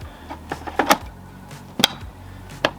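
The motor unit of a Hydrus Roker Plus robotic pool vacuum cleaner is put back onto its plastic housing, with a few softer knocks of handling first. It latches with loud plastic clicks at 1.8 s and 2.7 s and is clipped on and seated.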